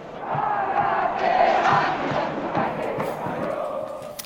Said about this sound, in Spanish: Las voces del pueblo que lo alaban, que lo estimulan. Eso es lo que él escucha. En realidad lo putean.